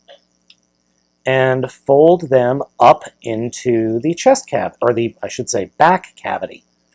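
The combined plastic legs of a Cyber Battalion Grimlock transforming robot toy are folded up into the figure's back cavity, with faint handling taps near 0.1 and 0.5 seconds before someone talks for the rest of the clip. The legs are still being handled, and nothing has snapped or seated into place yet.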